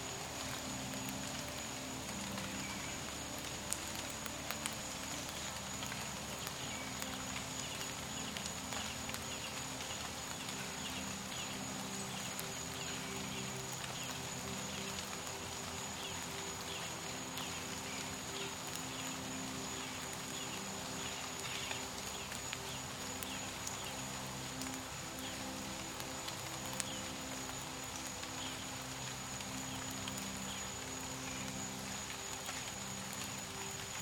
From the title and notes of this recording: Rain In The Woods. Peaceful violins in a loop behind the sound of the woods right after a light rain.